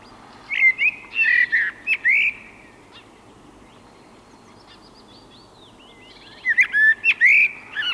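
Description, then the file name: Eurasian blackbird singing two mellow whistled phrases separated by a long quiet pause, each with squeaky high twitters. "koltrast"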